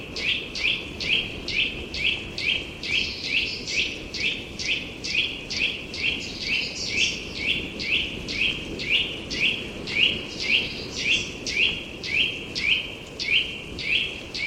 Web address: chant didier collin sittelle torchepot